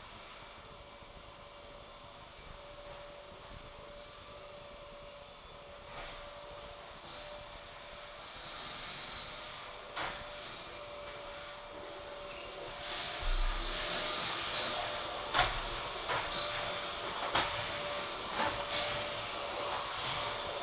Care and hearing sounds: daily activity, microphone in the room; vacuum cleaning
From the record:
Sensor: 5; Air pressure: 1012.0 hPa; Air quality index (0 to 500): 247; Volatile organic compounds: 5 ppm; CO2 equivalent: 1706 ppm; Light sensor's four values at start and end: 35/81/33/33 and 33/75/31/31

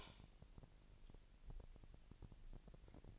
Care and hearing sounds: daily activity, microphone in the room; light on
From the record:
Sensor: 5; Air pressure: 1002.0 hPa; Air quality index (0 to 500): 225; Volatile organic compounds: 29 ppm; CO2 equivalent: 2939 ppm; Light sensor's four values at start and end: 15/35/14/16 and 15/36/15/16

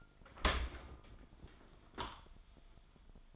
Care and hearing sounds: daily activity, microphone in the room; open dishwasher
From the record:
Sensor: 5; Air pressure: 1003.2 hPa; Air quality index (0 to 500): 136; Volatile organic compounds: 2 ppm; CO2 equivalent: 996 ppm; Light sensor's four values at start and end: 77/188/78/88 and 68/164/69/77

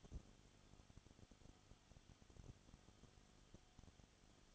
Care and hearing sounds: daily activity, microphone in the room; no activity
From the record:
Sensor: 4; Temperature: 22.7 degrees Celsius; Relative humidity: 31.7%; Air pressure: 995.4 hPa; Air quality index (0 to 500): 158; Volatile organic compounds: 2 ppm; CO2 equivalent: 1252 ppm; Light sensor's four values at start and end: 2/3/1/1 and 2/3/1/1

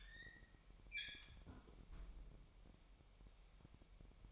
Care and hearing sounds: daily activity, microphone in the room; close fridge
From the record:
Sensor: 1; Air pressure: 1002.0 hPa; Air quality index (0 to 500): 241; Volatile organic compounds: 47 ppm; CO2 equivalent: 3257 ppm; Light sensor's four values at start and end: 8/28/10/11 and 8/28/10/11

